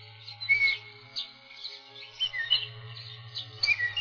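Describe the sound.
Catbird song, scattered squeaky notes and brief clear whistles in uneven bursts.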